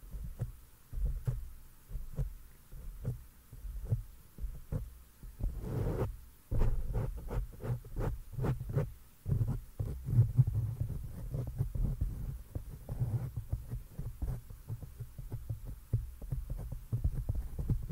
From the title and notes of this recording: ASMR DELICATE HAND MOVEMENTS AND MIC TOUCHING FOR 1 HOUR! ASMR MIC TAPPING, GENTLE ASMR NO TALKING.